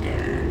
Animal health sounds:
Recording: contact call of a hoofed animal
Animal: pig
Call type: closed-mouth grunt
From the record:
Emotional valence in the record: positive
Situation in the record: food and toys in familiar pen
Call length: 0.51 s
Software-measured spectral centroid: 1510 Hz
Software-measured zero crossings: 1050 a second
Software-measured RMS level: -24 dBFS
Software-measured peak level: -12 dBFS

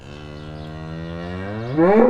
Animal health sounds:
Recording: contact call of a hoofed animal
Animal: cattle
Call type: low-frequency (closed-mouth) or high-frequency (open-mouth) call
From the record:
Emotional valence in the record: negative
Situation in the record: full separation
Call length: 2.1 s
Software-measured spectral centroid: 980 Hz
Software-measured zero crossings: 1220 a second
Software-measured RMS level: -20 dBFS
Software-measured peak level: 0 dBFS

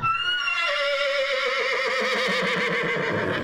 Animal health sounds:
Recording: contact call of a hoofed animal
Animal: horse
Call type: whinny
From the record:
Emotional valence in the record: negative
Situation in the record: group separation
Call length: 3.5 s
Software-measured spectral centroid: 2390 Hz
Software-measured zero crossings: 3410 a second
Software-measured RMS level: -24 dBFS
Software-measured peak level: -12 dBFS

